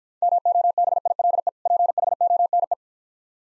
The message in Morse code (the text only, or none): MOBILE PHONE